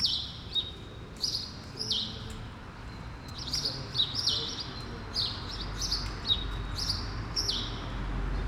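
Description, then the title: Sparrows chirping steadily, short notes repeated in quick succession, with traffic rumble in the background. Sparrows recorded on Rue Keyenveld, Ixelles, Brussels, Belgium, in a street with cars and people passing by; recorded with Lom Usi Pro microphones into a Zoom F6. "Rue Keyenveld, Ixelles, Bruxelles-Capitale, Belgique - Sparrows - moineaux"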